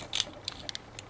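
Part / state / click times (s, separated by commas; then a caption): plastic toy leg section into its folded vehicle-mode position / not seated / none. A plastic transforming toy robot's leg section is handled as the legs are pushed out of their slots and folded around on themselves toward the folded vehicle-mode position. A cluster of sharp, bright plastic ticks peaks around 0.2 s, followed by lighter taps near 0.5, 0.7, 0.8 and 1.0 s. The leg part is still being handled and nothing has seated or snapped into place yet.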